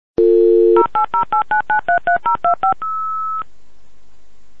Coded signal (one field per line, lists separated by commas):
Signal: DTMF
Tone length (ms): 120 ms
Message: 08089933025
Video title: Modem Sound Effect